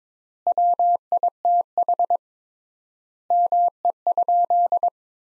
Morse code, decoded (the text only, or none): WITH ME?